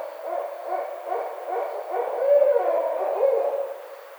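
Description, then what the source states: Barred owl hooting in a rapid, uneven run of low notes that swell to a louder peak midway, then trail off. Recorded 29 May 2009.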